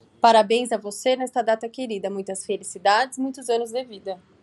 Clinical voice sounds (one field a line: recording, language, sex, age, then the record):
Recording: short text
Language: Brazilian Portuguese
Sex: female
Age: 40 to 49 years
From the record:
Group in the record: control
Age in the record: 41 years